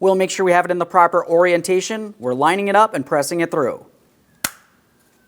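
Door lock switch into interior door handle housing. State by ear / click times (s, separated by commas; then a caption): seated / 4.4 s. Someone talks while a door lock switch with two locking tabs is lined up and pressed through the plastic interior door handle housing of a 2015-2025 Ford Transit 250. A single sharp click at 4.5 s marks the switch snapping into the handle bezel. It is confirmed seated, and it will not push back out.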